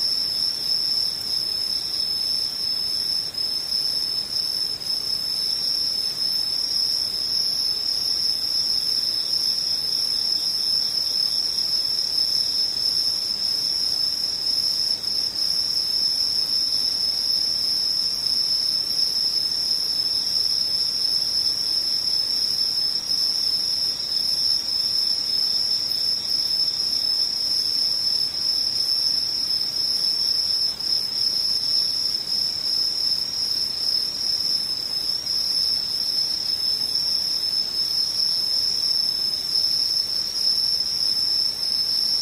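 Insects trill without pause for the whole stretch, a high, thin, cricket-like chirring that stays level and dense from start to finish. A fainter, even higher whine runs above it, with only a soft, low hush underneath and no other events.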